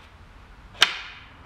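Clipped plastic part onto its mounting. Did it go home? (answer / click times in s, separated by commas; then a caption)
yes / 0.8 s. A clipped plastic part, with clips at the top, bottom and center and its pointed sides facing out, is pushed onto its mounting. After a quiet lead-in, a single sharp snap at 0.8 s is followed by a short fading ring. The plastic clip snaps into place and the part is seated.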